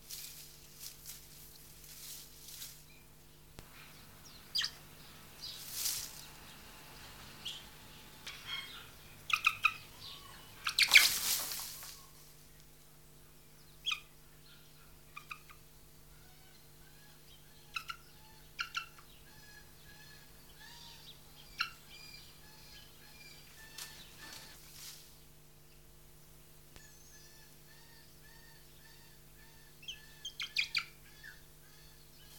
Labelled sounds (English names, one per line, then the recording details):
Harpy Eagle call
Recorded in captivity
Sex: male
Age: adult
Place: Tierpark Berlin, Berlin, DE
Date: 1983-09-10
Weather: sonnig - bedeckt, 14-18°C, wechselnder Wind
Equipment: Nagra SN, Kopie Uher 4000 Report Monitor
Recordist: Tembrock, Günter